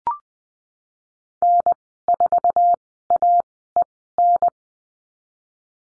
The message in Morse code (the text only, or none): N4AEN